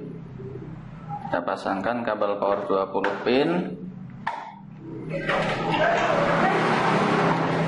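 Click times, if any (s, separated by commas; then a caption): 4.3 s. A 20-pin power-supply cable plug is pushed into the mainboard header while someone talks. At 4.3 s its plastic latch snaps over the catch with a sharp click, and the connector is seated and locked.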